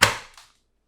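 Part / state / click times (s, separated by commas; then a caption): plastic toy body section into the main body of a transforming figure / seated / 0.0 s. The main plastic body section of a large transforming robot toy is slid into the main body of the figure until it locks. A loud, sharp click lands at 0.0 s and rings out briefly, followed by a much fainter tick at 0.4 s before silence. The section is seated.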